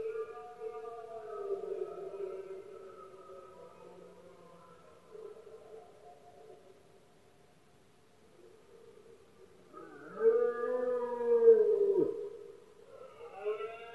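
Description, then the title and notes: Red deer bellows: sustained moaning roars fading to near silence, then a loud bending roar that dips sharply at its end. Rutting season of male red deer in Spain, bellowing at night when surroundings are quietest; the rut and its calling are known as berrea or brama. "Paisaje sonoro: Berrea #04. La época de celo del ciervo se conoce comúnmente como “berrea del ciervo” o “brama del ciervo”. especialmente por la noche pues es cuando más silencio hay alrededor, los poderosos bramidos de los ciervos machos"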